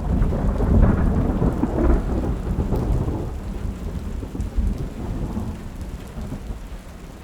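Light rain patters steadily against a window while a low, heavy rumble of thunder rolls through, strongest early on and slowly fading, with no voices.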